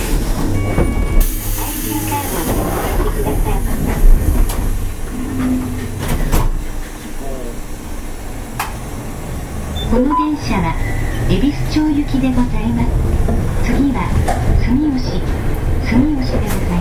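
Running sound from aboard a Hankai Tramway 701 series tram: a steady low rumble of the car moving, with voices talking over it through much of the clip. Sharp clicks and knocks punctuate the ride, and from about ten seconds rising and falling tones join in.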